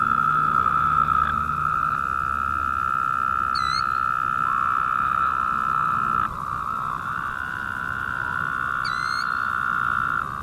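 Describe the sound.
Woodhouse's toads calling in long overlapping buzzy trills with a brief break midway, while two short high chirps ring out above them.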